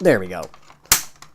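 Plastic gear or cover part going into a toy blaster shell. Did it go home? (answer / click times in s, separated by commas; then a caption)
yes / 0.9 s. A plastic internal part, the gear or cover assembly, is pushed home while a toy foam-dart blaster is being reassembled, and someone talks at the start. One sharp, loud snap at 0.9 s shows the part has seated into the blaster shell, followed by a faint tick.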